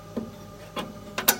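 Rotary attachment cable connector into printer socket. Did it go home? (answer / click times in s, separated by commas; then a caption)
yes / 1.3 s. The female cable connector of the kebab rotary attachment, lined up with its groove facing up, is pushed into the socket of a Mimaki 6042MKII printer. A few faint taps come before a sharp snap at 1.3 s as the connector pops in and seats.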